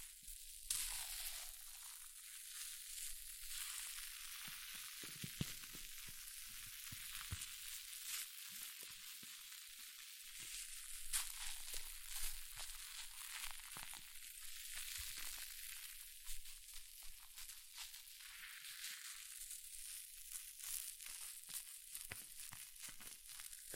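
Hair mousse fizzes and crackles steadily for the whole stretch, a dense, bright hiss full of tiny rapid pops. Sharper clicks and brief crunchy bursts break through irregularly, a little busier around the eleventh and twentieth seconds, while the lower range stays nearly empty.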